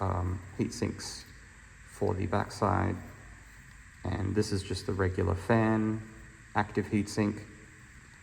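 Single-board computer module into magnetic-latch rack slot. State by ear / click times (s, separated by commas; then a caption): not seated / none. A single-board computer module fitted with an active fan heat sink is handled beside a 3D-printed mini rack slot with a small magnetic latch, while someone talks throughout. Nothing has seated or clicked yet.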